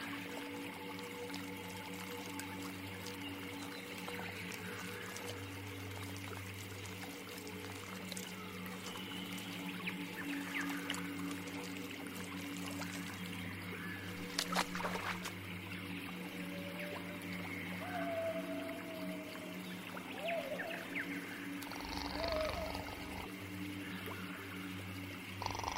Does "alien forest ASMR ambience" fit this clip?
yes